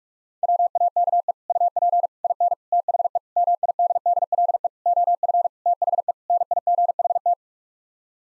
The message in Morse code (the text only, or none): WAKE UP IN THE MIDDLE OF THE NIGHT